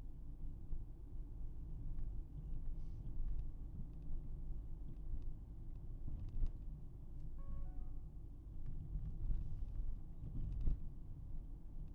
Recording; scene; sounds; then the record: everyday scene through a hearing-aid microphone; in a vehicle; engine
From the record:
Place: Berlingo II, diesel engine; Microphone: behind the ear, right, front